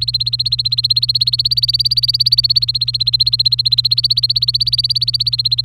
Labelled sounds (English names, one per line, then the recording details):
Domestic Canary song
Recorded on 27 April 2018 at 16:27
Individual llb3